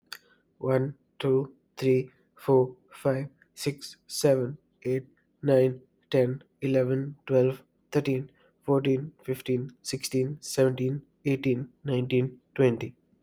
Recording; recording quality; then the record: counting at a normal pace; excellent, no background noise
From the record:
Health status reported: COVID-19 positive, mild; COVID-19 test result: positive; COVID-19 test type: RT-PCR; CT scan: not taken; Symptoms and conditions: cough, sore throat, fatigue, muscle pain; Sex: male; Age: 25 years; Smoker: no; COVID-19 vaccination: both doses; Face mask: not worn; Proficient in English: yes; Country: India